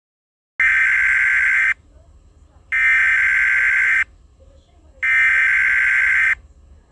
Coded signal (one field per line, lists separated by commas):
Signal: Emergency Alert System (SAME) tones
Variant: header bursts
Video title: EAS SCENARIO 1: Inner Flame Candle Invasion